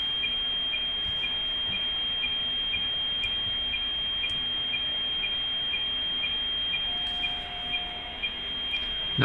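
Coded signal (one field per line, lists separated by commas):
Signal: weather fax (radiofax)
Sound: steady high whine with a short chirp-like tick twice a second over hiss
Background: radio static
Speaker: there's fl digi let's go into fl digi now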